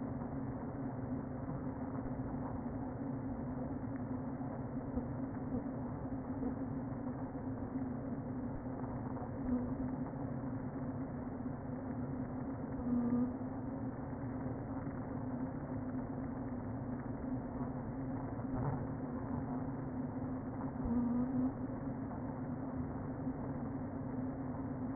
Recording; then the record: honeybee colony, microphone inside the hive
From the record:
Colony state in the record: queen present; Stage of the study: before two queens were removed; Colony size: about 60,000 bees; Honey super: yes